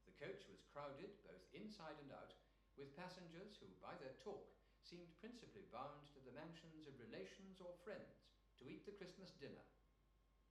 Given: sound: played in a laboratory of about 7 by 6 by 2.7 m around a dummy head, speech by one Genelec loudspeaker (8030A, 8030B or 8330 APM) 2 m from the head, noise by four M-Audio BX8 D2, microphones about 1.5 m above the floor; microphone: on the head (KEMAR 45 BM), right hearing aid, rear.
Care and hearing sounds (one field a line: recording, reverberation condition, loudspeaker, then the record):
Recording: male speech in English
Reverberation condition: medium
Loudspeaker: 90 degrees to the right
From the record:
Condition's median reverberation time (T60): about 510 ms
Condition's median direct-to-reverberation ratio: about -0.5 dB